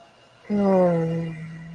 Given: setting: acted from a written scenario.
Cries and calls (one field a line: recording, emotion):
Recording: vocal sound without words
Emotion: shame